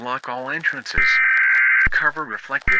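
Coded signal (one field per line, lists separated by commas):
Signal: Emergency Alert System (SAME) tones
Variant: header bursts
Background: speech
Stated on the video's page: Fictional EAS scenario using valid EAS tones.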